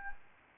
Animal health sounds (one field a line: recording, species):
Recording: mosquito wingbeat signal from an infrared sensor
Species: Anopheles gambiae